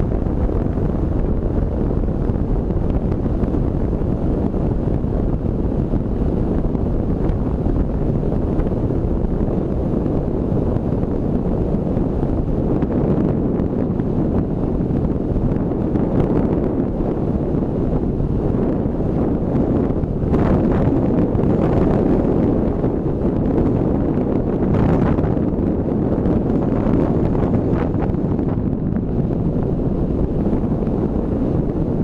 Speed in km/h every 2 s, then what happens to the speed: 56, 55, 55, 54, 53, 54, 53, 53, 52, 51, 51, 51, 51, 50, 50, 49.
0-32 steady at about 52.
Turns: none.